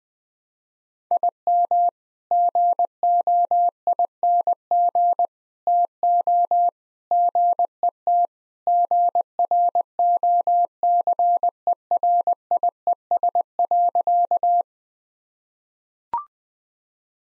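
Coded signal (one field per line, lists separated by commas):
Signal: Morse code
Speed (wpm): 19 wpm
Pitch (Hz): 700 Hz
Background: none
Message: IM GOING TO GET GROCERIES.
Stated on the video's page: Morse sentence-copying drill at 20 wpm using common three-word phrases; each sentence sent, spoken, then sent again.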